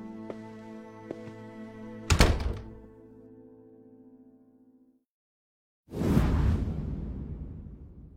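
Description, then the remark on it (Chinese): A door opens with a sharp thunk over a steady low hum that fades out, then after a brief silence it swings shut with a heavier, rushing thud that trails off. “没有回答，有燕死了心，开门离去。”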